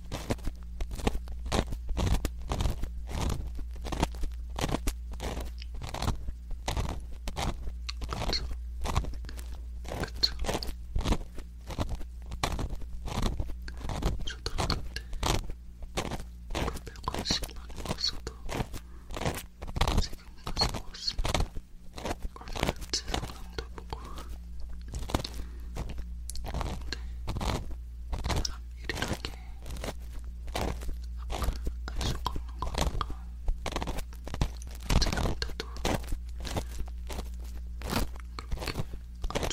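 Wooden ear pick cleaning and brushing makes dense, rapid crunchy scratches throughout, over a steady low hum, with no pauses.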